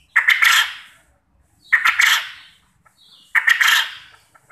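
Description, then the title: Quail calls, three strong bursts of quick clicking notes that fade out, spaced about one and a half seconds apart. Quail call used as a lure to get quail to answer and call actively. "Burung Puyuh Mana Yang Tidak Nyaut Dan Gacor Dengan Pancingan Ini"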